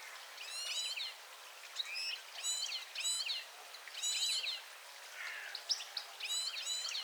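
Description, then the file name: European goldfinch calls: bright, tinkling, stacked notes in quick multi-note bursts, with short gaps between groups. "Carduelis carduelis"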